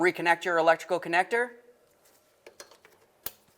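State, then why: Seated. Someone talks, then an electrical connector is pushed back onto the EVAP canister purge component socket of a 2006-2012 Toyota RAV4 during fuel vapor charcoal canister replacement. A few small handling taps are followed by a sharp, loud click at 3.3 s as the connector seats.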